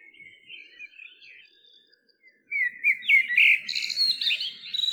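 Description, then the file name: Common blackbird song: a soft warbled phrase, then a louder fluty burst that breaks into a high, squeaky twitter at the end. "Turdus merula"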